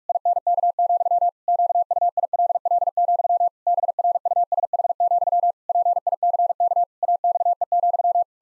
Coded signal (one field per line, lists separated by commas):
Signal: Morse code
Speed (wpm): 46 wpm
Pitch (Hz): 700 Hz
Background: none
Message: INK, QUILL, BRUSH, PICK AXE,